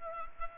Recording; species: mosquito wingbeat signal from an infrared sensor; Culex pipiens